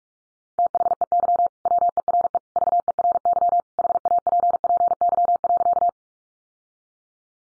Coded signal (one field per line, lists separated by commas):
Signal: Morse code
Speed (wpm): 44 wpm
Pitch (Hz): 700 Hz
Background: none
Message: THEY WERE VERY HAPPY.